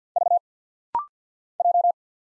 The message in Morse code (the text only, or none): V J